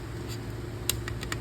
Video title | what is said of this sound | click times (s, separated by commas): DTV Arms MMD delinker assembly | it'll lock into place. | 0.9 s